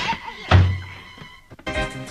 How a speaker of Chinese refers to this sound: 把门关上。